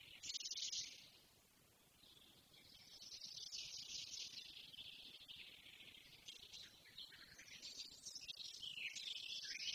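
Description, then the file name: Eurasian blackcap song: a short burst, a quiet gap, then a long rambling warble of high notes. "Sylvia atricapilla"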